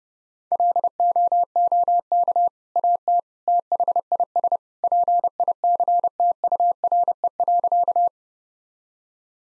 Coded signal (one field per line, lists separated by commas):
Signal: Morse code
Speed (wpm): 29 wpm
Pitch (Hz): 700 Hz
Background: none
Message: LOOK AT THIS PICTURE.